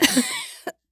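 A single sharp, voiced cough from an adult woman, a bright burst that trails off, followed by a brief second catch of breath. It is an acted cough.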